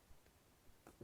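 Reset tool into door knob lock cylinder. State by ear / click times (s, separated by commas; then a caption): not seated / none. A reset tool is pushed into the reset slot of a rekeyable Kwikset SmartKey door knob lock cylinder, with only faint low thumps and soft taps heard. Nothing has seated or clicked yet on this first attempt.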